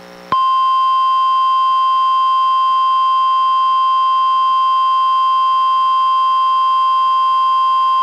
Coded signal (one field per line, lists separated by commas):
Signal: Emergency Alert System (SAME) tones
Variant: 1050 Hz attention tone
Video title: EAS #733-734: 2 NWR Required Weekly Tests- Jan. 11, 2023